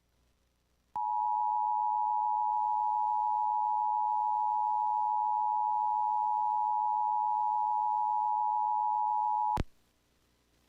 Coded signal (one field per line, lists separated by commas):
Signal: Emergency Alert System (SAME) tones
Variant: 853 and 960 Hz attention tone